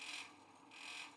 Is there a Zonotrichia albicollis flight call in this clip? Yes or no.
no